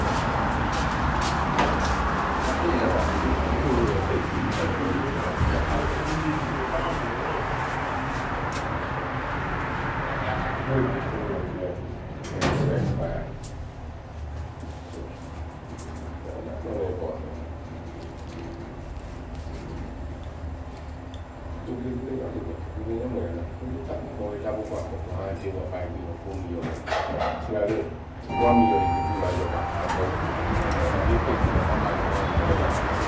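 A ride on a city bus in Dubai, with a steady low engine rumble throughout and people talking. The first ten seconds are loud and dense; then it quietens, with softer voices and clatter. Around 28 seconds a brief bright tone and a knock sound before the noise rises again.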